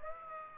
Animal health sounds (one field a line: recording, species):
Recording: mosquito wingbeat signal from an infrared sensor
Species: Aedes aegypti